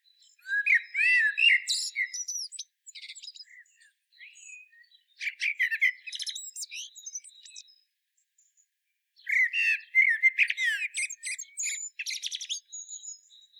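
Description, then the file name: Common blackbird song: low, mellow warbles running into busy, high-pitched squeaky twitters, in several bursts with brief pauses between them. "Turdus merula"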